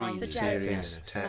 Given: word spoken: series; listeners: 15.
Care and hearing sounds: one English word in noise, from a listening test; four-talker babble; -1.3 dB; 2 of 15; 7 of 15; 0.89 s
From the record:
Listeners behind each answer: 7, 3, 2, 1, 1, 1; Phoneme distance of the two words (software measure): 20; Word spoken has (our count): 2 syllables, 5 phonemes, stress on syllable 1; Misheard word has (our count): 2 syllables, 5 phonemes, stress on syllable 1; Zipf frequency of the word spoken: 4.97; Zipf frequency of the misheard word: 5.16

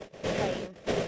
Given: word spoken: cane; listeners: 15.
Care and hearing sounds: one English word in noise, from a listening test; noise modulated by three-talker babble; -7.1 dB; 0 of 15; 6 of 15; 0.68 s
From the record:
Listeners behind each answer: 6, 1, 1, 1, 1, 1, 1, 1, 1, 1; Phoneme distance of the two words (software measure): 10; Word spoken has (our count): 1 syllable, 3 phonemes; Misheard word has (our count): 1 syllable, 3 phonemes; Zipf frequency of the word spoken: 3.75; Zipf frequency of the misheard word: 4.85

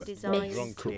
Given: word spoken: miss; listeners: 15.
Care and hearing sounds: one English word in noise, from a listening test; four-talker babble; -0.5 dB; 1 of 15; 8 of 15; 0.58 s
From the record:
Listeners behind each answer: 8, 5, 1, 1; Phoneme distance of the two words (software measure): 34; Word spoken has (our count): 1 syllable, 3 phonemes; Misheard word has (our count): 2 syllables, 5 phonemes, stress on syllable 2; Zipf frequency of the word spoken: 5.21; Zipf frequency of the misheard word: 4.76

